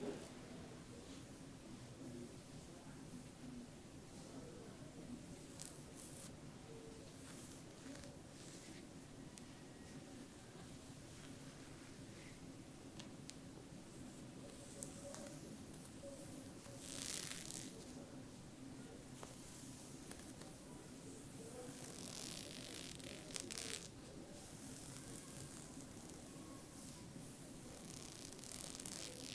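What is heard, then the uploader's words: A back being scratched, repeated bright rasping strokes over a steady low hum, heavier bursts near 6, 17 and 23 seconds. ASMR Back scratch.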